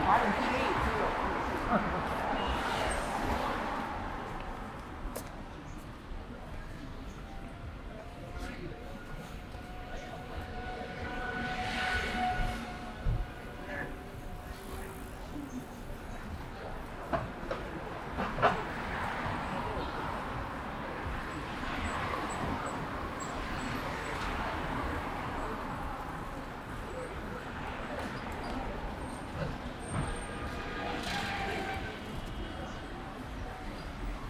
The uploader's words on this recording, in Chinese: 去香饵胡同吃小面｜城市声音。下午。